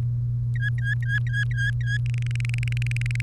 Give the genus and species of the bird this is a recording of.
Serinus canaria